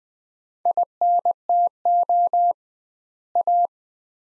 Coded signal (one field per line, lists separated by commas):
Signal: Morse code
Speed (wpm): 21 wpm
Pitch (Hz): 700 Hz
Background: none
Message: INTO A